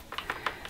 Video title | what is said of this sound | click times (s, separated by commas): How To Clean And Maintain The Dyson V15 and How To Access Secret Menus On The Vacuum | you'll just feel it click into place there. | 0.5 s